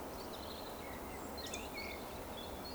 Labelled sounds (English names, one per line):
Eurasian Woodcock whistle